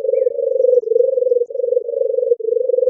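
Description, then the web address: European turtle dove purring call, a low rolling purr in back-to-back phrases of roughly half a second, continuing without pause throughout. "Streptopelia turtur"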